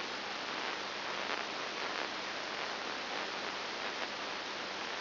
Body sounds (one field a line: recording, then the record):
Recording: brain microelectrode recording played as sound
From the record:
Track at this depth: inside the subthalamic nucleus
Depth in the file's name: 3.902 mm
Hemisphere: left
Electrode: 2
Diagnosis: Parkinson's disease